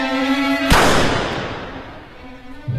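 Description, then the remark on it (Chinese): A steady low hum gives way to a single sharp, loud gunshot that rings out and slowly fades, followed by a softer thump at the end; shots fired by assassins at Ding Mocun as his car speeds away. “枪声响起的同时，车已经飞驰而出。”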